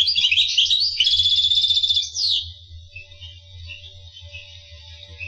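Finch gives a rapid twittering phrase that turns into an even high trill, ending with a downward sweep, then only faint chirps and a low steady hum.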